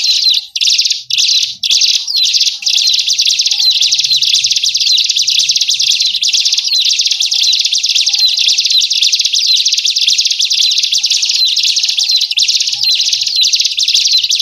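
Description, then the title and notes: Bird chattering, rapid, high-pitched, dense and scratchy, with a few brief breaks early on and then unbroken, with faint whistles below. Lure sounds to attract wary, stubborn birds that are hard to approach. "Suara Burung Bandel Yang Susah Mendekati. Kompilasi Suara Pikat Burung"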